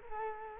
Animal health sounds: mosquito wingbeat signal from an infrared sensor; Culex quinquefasciatus

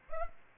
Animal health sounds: mosquito wingbeat signal from an infrared sensor; Aedes aegypti

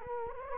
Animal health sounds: mosquito wingbeat signal from an infrared sensor; Culex quinquefasciatus

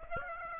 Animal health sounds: mosquito wingbeat signal from an infrared sensor; Aedes aegypti

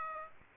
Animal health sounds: mosquito wingbeat signal from an infrared sensor; Aedes aegypti

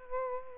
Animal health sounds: mosquito wingbeat signal from an infrared sensor; Aedes albopictus

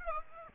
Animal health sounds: mosquito wingbeat signal from an infrared sensor; Aedes aegypti

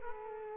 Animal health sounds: mosquito wingbeat signal from an infrared sensor; Culex quinquefasciatus

